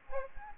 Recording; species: mosquito wingbeat signal from an infrared sensor; Aedes aegypti